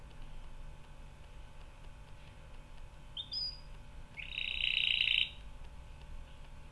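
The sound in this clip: Canary trilling: a brief rising chirp, then one louder rapid trill of about a second against a steady background hiss.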